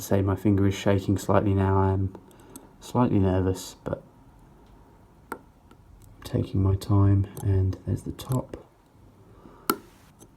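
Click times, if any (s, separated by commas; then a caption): 9.7 s. While someone talks, the top end of a metal spring bar is pushed into the lug hole of a steel Omega Seamaster SPECTRE watch case as the bracelet is refitted. A few faint ticks come earlier, then a sharp click at 9.7 s as the spring bar seats in the lug.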